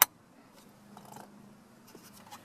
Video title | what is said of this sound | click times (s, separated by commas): Add Factory Navigation to MyFord Touch - 2011 - 2014 Ford Edge | the connector with the clip facing downward you're going to push it in until it clicks | 0.0 s